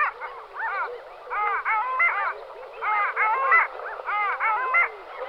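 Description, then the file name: Long-tailed duck calls, overlapping nasal yodelling notes rising and falling, in repeated bursts throughout. "Hoholka ledni Clangula hyemalis"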